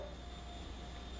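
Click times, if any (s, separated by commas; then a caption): none. A macro lens is lined up dot to dot on a camera body's bayonet mount and turned. Only a steady low hum and faint background noise are heard, with no sudden sounds. Nothing has seated or clicked yet.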